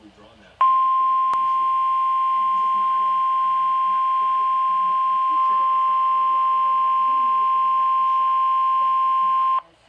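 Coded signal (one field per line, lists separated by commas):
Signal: Emergency Alert System (SAME) tones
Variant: 1050 Hz attention tone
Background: speech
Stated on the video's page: Real tornado warning EAS tones from the National Weather Service, received on NOAA Weather Radio.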